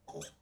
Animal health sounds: pig call; piglet (1 to 25 days)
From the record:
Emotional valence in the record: negative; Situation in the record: restrain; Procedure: back test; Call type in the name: low-frequency call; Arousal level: low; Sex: female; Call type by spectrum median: low-frequency call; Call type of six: low-frequency stable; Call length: 0.42 s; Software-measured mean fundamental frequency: 53 Hz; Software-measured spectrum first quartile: 470 Hz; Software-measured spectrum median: 1631 Hz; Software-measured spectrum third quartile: 6186 Hz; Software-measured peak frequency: 419 Hz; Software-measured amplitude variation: 208 dB a second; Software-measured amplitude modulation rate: 19.2 a second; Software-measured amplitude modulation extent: 10.8 dB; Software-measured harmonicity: 3.3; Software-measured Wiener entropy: -2.81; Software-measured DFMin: 970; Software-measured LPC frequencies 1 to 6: 604, 3387, 5434, 6182, 7598, 10593 Hz

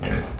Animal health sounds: pig call; growing-finishing pig (85 days or more)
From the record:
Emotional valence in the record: negative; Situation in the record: barren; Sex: female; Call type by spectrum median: low-frequency call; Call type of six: low-frequency modulated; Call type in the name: low-frequency stable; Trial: 1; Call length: 0.40 s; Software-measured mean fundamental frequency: 46 Hz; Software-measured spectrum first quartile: 135 Hz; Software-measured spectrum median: 385 Hz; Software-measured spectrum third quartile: 1129 Hz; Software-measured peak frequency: 81 Hz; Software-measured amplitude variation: 160 dB a second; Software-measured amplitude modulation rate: 26.0 a second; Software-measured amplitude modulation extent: 6.2 dB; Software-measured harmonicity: 0.5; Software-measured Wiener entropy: -1.27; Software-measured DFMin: 691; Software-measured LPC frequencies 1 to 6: 1620, 2226, 2801, 4299, 6187, 7233 Hz

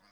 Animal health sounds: pig call; piglet (1 to 25 days)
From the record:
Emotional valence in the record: positive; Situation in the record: reunion after long isolation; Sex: female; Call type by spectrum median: low-frequency call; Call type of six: low-frequency tonal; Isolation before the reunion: 8 minutes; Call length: 0.12 s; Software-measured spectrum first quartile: 881 Hz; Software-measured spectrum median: 2006 Hz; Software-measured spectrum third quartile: 4539 Hz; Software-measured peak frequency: 198 Hz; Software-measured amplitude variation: 46 dB a second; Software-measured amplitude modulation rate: 12.8 a second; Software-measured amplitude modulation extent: 3.6 dB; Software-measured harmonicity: -1.1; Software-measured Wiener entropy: -1.40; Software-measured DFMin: 485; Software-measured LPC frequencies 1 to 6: 968, 1483, 2124, 3353, 4849, 6435 Hz

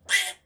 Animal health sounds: pig call; piglet (1 to 25 days)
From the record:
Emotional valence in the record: negative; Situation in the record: restrain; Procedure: back test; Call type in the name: high-frequency call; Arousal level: medium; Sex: male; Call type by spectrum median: high-frequency call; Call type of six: high-frequency stable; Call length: 0.46 s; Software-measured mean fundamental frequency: 334 Hz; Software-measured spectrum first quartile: 1987 Hz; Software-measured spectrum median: 3032 Hz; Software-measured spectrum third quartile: 5291 Hz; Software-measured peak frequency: 1991 Hz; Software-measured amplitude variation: 209 dB a second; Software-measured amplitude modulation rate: 6.6 a second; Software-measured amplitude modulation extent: 31.8 dB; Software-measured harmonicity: 1.7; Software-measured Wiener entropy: -2.13

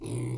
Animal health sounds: pig call; weaner (32 to 43 days)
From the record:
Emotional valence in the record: negative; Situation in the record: novel object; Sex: female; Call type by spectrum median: low-frequency call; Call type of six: low-frequency stable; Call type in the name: low-frequency stable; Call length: 0.38 s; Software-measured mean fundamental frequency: 59 Hz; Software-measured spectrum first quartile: 134 Hz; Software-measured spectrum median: 308 Hz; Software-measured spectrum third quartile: 1123 Hz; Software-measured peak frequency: 320 Hz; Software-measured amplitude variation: 83 dB a second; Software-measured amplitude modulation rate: 30.5 a second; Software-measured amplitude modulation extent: 2.7 dB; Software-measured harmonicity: 11.4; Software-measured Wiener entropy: -2.05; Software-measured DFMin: 991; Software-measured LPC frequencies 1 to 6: 294, 877, 2197, 3686, 3965, 4861 Hz

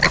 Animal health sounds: pig call; piglet (1 to 25 days)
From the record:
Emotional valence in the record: positive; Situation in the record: reunion after long isolation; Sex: male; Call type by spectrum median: low-frequency call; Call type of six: low-frequency tonal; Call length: 0.11 s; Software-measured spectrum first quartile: 1076 Hz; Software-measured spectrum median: 1934 Hz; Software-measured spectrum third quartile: 3275 Hz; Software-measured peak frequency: 1910 Hz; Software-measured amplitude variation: 124 dB a second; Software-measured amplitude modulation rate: 13.9 a second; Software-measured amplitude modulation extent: 8.9 dB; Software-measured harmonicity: 1.6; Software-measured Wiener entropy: -1.70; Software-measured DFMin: 578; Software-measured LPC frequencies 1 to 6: 982, 1880, 4375, 5490, 6124, 6834 Hz

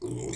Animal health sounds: pig call; weaner (32 to 43 days)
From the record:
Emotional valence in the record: negative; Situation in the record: long isolation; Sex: female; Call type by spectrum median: low-frequency call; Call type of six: mixed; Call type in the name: high-frequency modulated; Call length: 0.36 s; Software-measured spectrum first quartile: 283 Hz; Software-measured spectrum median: 766 Hz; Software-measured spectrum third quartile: 6284 Hz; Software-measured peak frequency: 358 Hz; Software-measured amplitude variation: 118 dB a second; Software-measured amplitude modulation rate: 30.5 a second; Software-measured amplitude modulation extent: 3.9 dB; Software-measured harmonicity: 6.9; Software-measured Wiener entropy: -5.36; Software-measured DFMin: 1119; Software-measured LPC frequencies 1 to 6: 371, 2170, 3720, 5410, 6010, 7211 Hz

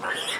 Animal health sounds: pig call; piglet (1 to 25 days)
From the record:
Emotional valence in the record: negative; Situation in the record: missed nursing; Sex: male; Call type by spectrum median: low-frequency call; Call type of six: high-frequency stable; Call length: 0.40 s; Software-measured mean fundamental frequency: 172 Hz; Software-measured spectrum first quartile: 1349 Hz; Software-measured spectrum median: 2248 Hz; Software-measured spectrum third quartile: 4087 Hz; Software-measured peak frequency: 1795 Hz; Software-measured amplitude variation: 106 dB a second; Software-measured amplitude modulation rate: 21.4 a second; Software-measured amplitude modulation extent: 5.0 dB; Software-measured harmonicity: 0.7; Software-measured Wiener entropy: -1.53

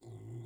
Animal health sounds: pig call; weaner (32 to 43 days)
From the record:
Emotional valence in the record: negative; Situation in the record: restrain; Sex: male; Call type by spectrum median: low-frequency call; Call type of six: low-frequency stable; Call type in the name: low-frequency stable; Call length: 0.46 s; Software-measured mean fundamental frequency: 38 Hz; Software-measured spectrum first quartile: 115 Hz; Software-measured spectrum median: 174 Hz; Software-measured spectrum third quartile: 425 Hz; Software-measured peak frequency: 123 Hz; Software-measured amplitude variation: 80 dB a second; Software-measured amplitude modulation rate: 20.6 a second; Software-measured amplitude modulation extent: 3.9 dB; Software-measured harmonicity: 0.3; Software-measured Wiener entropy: 0.47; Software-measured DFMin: 1289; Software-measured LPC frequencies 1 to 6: 255, 2029, 3391, 4126, 7293, 8949 Hz

